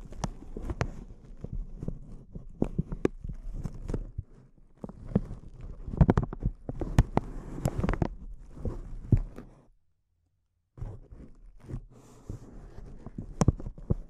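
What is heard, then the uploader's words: Crinkling comes in dense bursts of sharp crackles and pops, mostly low and thick with occasional bright snaps. Activity is busiest around six to eight seconds, drops to near silence from about nine and a half to eleven seconds, then resumes more sparsely. ASMR Intense Close-Up Crinkles (No Talking).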